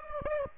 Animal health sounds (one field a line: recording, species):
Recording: mosquito wingbeat signal from an infrared sensor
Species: Aedes aegypti